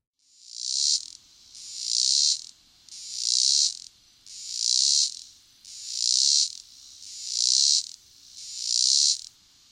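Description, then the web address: Robinson's cicada song: loud, hissing buzzy bursts, seven in a steady series with short gaps between. "The Songs of Insects. Robinson's Cicada"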